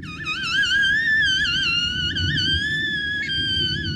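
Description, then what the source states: Orca whistle: a high, wavering tonal call with rich harmonics, warbling up and down continuously for several seconds above a low rumble. Played as an example of orca sounds; orcas are toothed whales that produce sounds in a completely different way than baleen whales.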